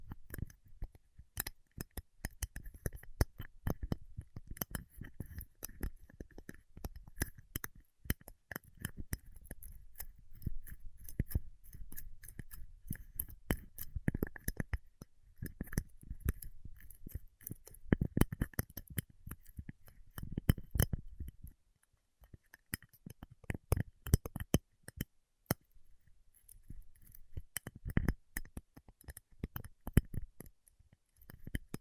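Paraffin wax is peeled, tapped and scratched in dense bursts of sharp clicks and crackles, pausing briefly around 22 and 26 seconds.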